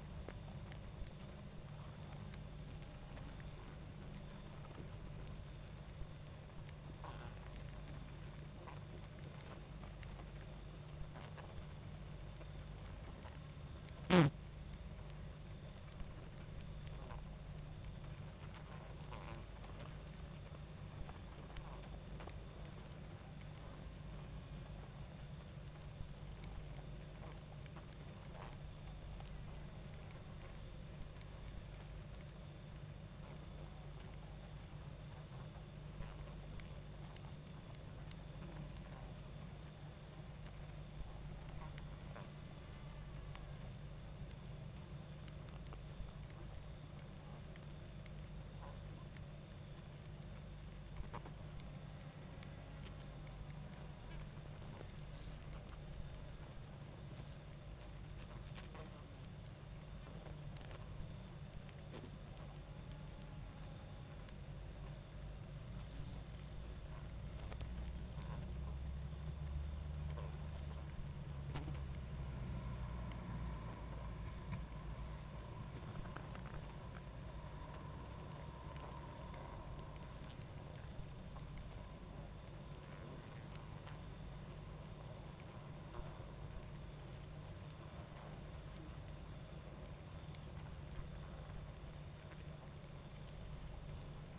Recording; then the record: honeybee colony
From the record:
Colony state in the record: active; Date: 28 July 2017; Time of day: 21:14